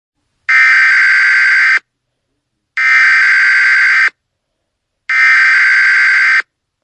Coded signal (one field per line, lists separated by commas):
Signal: Emergency Alert System (SAME) tones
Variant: header bursts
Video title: EAS SCENARIO 11: Cretaceous and Maelstrom